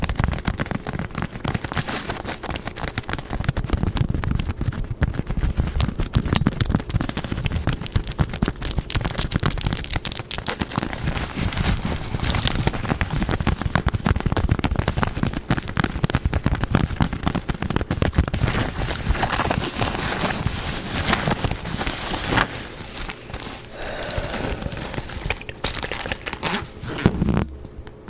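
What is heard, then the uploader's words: Fast, dense tapping and scratching, a steady busy clatter of quick strikes and rubs that thins slightly near the end. ASMR Fast & Aggressive Triggers (Tapping, Scratching, Hand Movements).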